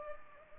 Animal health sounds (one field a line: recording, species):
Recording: mosquito wingbeat signal from an infrared sensor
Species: Culex pipiens